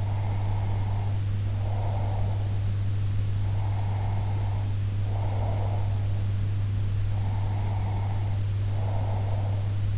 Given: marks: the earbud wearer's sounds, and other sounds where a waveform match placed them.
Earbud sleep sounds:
sounds in sleep by an in-ear microphone; breath
0.00-2.48 s: breath
3.48-6.11 s: breath
7.19-9.77 s: breath

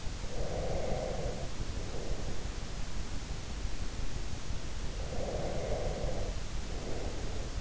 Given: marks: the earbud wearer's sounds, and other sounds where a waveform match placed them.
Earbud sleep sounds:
sounds in sleep by an in-ear microphone; breath
0.18-2.42 s: breath
4.86-7.61 s: breath

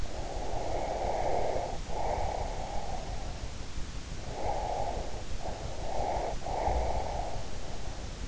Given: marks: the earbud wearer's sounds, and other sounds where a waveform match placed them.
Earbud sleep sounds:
sounds in sleep by an in-ear microphone; breath
0.00-3.62 s: breath
4.16-8.17 s: breath

